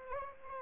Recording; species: mosquito wingbeat signal from an infrared sensor; Anopheles arabiensis